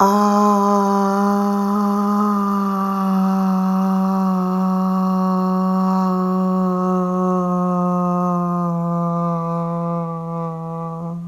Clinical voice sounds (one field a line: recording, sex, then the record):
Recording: sustained vowel /a/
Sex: female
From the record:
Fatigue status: no fatigue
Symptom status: asymptomatic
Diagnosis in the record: COVID-19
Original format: m4a